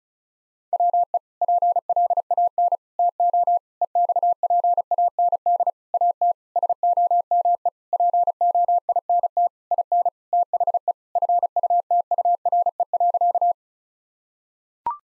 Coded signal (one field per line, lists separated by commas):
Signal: Morse code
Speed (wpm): 36 wpm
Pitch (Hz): 700 Hz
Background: none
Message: WE PLAN TO EXPAND AT SOME POINT IN THE FUTURE.